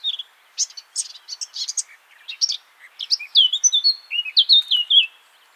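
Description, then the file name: Eurasian blackcap singing, a scratchy, busy warble of quick notes that breaks into a rich, loud flute-like ending about three seconds in. "Sylvia atricapilla"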